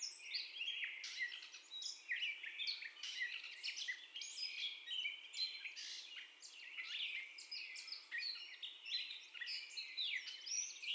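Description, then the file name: Gray catbird pouring out a dense, unbroken medley of harsh chips, squeaks and brief whistles, the phrases constantly changing. First song, recorded 30 May 2021 at 04:48. "2021-05-30 Catbird First Song"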